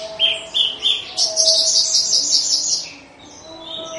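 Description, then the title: Horsfield's bush lark song, a few quick chirps followed by a long, dense, scratchy warble, then quieter trailing notes. Recorded in Situbondo, East Java, Indonesia. "Branjangan Javanica Ktp Situbondo Jatim"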